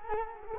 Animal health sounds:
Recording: mosquito wingbeat signal from an infrared sensor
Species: Culex quinquefasciatus

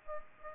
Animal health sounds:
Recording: mosquito wingbeat signal from an infrared sensor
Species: Aedes aegypti

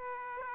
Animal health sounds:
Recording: mosquito wingbeat signal from an infrared sensor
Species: Aedes aegypti

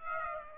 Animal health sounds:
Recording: mosquito wingbeat signal from an infrared sensor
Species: Aedes aegypti

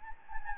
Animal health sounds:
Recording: mosquito wingbeat signal from an infrared sensor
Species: Anopheles gambiae

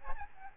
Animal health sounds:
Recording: mosquito wingbeat signal from an infrared sensor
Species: Aedes albopictus

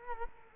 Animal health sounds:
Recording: mosquito wingbeat signal from an infrared sensor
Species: Culex quinquefasciatus

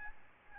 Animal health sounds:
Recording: mosquito wingbeat signal from an infrared sensor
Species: Aedes albopictus

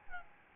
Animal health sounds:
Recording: mosquito wingbeat signal from an infrared sensor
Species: Aedes albopictus

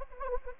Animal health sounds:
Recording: mosquito wingbeat signal from an infrared sensor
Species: Anopheles arabiensis

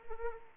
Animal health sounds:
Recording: mosquito wingbeat signal from an infrared sensor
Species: Anopheles arabiensis

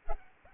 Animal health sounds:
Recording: mosquito wingbeat signal from an infrared sensor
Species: Culex pipiens

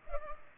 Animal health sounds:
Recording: mosquito wingbeat signal from an infrared sensor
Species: Culex pipiens

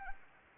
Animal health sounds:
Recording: mosquito wingbeat signal from an infrared sensor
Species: Anopheles arabiensis

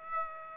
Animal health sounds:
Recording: mosquito wingbeat signal from an infrared sensor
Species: Aedes aegypti

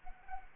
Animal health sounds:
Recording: mosquito wingbeat signal from an infrared sensor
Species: Anopheles arabiensis

